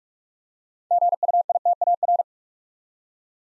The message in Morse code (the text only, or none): GUITAR